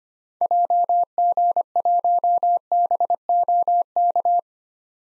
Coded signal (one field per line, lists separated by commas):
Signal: Morse code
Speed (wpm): 25 wpm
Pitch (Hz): 700 Hz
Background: none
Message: JG1BOK